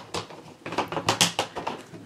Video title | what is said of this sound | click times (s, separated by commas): Gujo Adventure Mission Mars Rocket & Lost Jungle Temple Buildable Playsets Review - PSToyReviews | those look like they snap together well they go together very easily and they're also very secure | 1.1 s, 1.2 s, 1.4 s